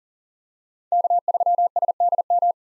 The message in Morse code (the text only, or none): K3SDM